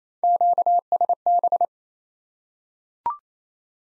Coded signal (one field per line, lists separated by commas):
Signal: Morse code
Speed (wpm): 28 wpm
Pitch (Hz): 700 Hz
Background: none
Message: QSB